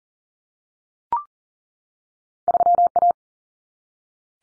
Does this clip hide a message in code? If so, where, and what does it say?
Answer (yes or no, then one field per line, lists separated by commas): yes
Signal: Morse code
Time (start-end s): 2.5-3.1 s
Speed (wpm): 40 wpm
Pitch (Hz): 700 Hz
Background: none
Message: 3A